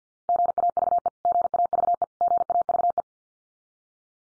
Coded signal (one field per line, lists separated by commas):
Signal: Morse code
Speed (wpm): 50 wpm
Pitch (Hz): 700 Hz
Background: none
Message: GAVE GAVE GAVE